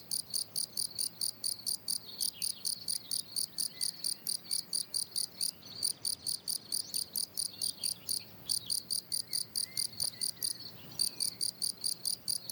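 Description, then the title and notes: Field cricket song: a steady run of short, shrill chirps with a few brief gaps. Lone, fairly isolated individual singing in steady rhythm; plateau de Lesches en Diois, France; 27 June 2018, 10:00; hot day, already 23°C; recorded with Nagra Seven and MKH8040 microphone. "Un grillon champêtre. 27 juin 2018, plateau de Lesches en Diois"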